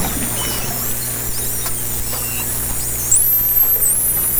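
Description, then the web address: Dolphin whistles, faint high sweeps early on, then one clear rising and wavering whistle near the end, over low steady hum. Captured by hydrophone in 2010. "interspecies dolphin 2010 hydrophone"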